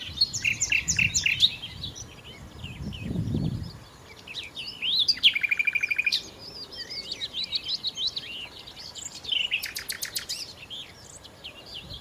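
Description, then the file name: Common nightingale singing varied phrases of twittering notes broken by two loud, rattling bursts of rapid clicks. "Nachtigall"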